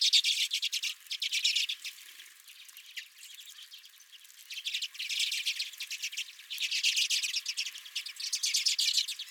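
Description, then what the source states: Redpolls giving dense, buzzy chattering trills in long bursts, a quieter gap midway, then loud chattering again. Redpolls at the recordist's feeder.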